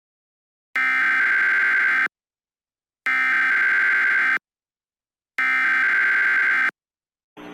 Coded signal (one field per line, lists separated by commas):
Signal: Emergency Alert System (SAME) tones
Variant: header bursts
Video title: EAS Scenario #5: Toppat Turmoil